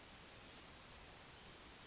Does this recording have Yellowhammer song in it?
no